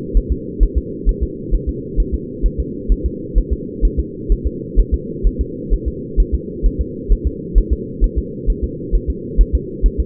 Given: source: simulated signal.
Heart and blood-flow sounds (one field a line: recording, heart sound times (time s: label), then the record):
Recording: fetal heart sounds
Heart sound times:
0.17 s: S1
0.32 s: S2
0.63 s: S1
0.78 s: S2
1.09 s: S1
1.23 s: S2
1.55 s: S1
1.69 s: S2
2.00 s: S1
2.15 s: S2
2.46 s: S1
2.60 s: S2
2.92 s: S1
3.06 s: S2
3.38 s: S1
3.53 s: S2
3.85 s: S1
4.00 s: S2
4.32 s: S1
4.47 s: S2
4.80 s: S1
4.94 s: S2
5.27 s: S1
5.41 s: S2
5.74 s: S1
5.88 s: S2
6.20 s: S1
6.34 s: S2
6.66 s: S1
6.81 s: S2
7.12 s: S1
7.27 s: S2
7.58 s: S1
7.73 s: S2
8.04 s: S1
8.19 s: S2
8.50 s: S1
8.64 s: S2
8.95 s: S1
9.10 s: S2
9.41 s: S1
9.55 s: S2
9.86 s: S1
10.00 s: S2
From the record:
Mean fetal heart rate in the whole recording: 130 bpm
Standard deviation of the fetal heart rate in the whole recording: 2 bpm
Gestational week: 36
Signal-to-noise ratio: -4.1 dB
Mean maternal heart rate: no maternal heart sound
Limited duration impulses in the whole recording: absent